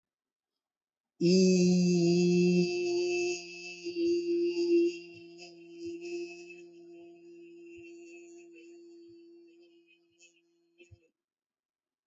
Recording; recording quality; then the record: sustained vowel as in beet; excellent, no background noise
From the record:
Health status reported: healthy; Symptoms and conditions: none ticked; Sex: male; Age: 25 years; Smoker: not ticked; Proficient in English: yes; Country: India